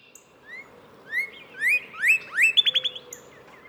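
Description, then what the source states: Northern Cardinal song: rising slurred whistles building in strength, ending in a quick rapid trill of short notes, over a soft background hiss. Male song.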